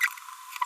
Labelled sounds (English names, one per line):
Green-rumped Parrotlet babbling